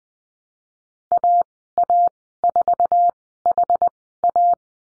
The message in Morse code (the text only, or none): AA4HA